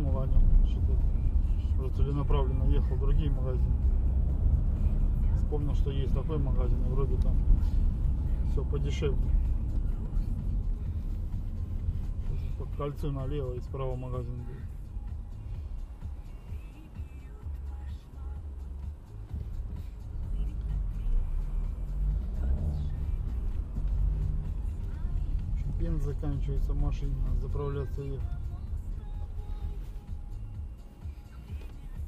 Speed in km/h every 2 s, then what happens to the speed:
35, 34, 40, 35, 35, 24, 15, 7, 2, 0, 7, 16, 18, 17, 7, 0.
3-16 slows to 2. 16-19 standing. 19-25 pulls away to 18. 25-32 slows to 0.